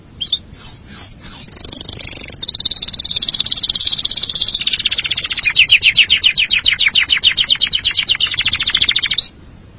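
Canary song opening with a few separate whistled notes, then a long sustained trill that turns into fast, evenly pulsed high notes before stopping abruptly.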